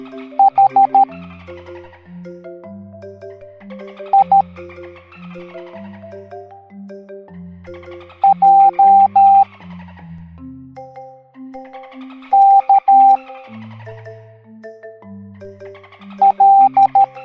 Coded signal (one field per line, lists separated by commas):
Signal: Morse code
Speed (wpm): 13 wpm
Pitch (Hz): 790 Hz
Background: music, radio noise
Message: H I J K L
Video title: Morse Code Alphabet Dolphin Parade